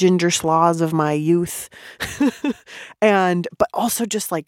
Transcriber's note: laughter